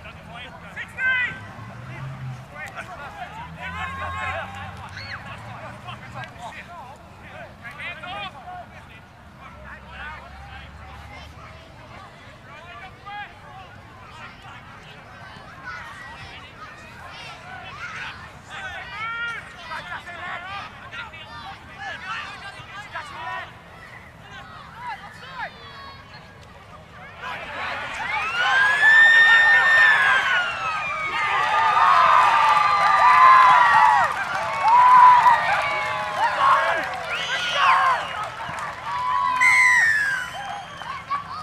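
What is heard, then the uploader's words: Crowd and player voices murmur steadily at a rugby league match, then louder, brighter shouting and calls swell from about 27 seconds onward. Bishop Park - Queensland Rugby League (field recording). Composite field recording taken at the Queensland Rugby League match between the Norths Devils and the Souths Logan Magpies. The match was played at the Norths Devils home ground at Bishop Park, Nundah (Brisbane), Queensland, Australia. Sound recording by G R Legge, 24bit/48kHz on a Zoom H5 with included microphone capsule.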